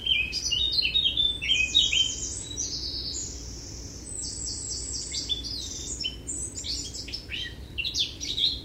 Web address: SETE data Sylvia atricapilla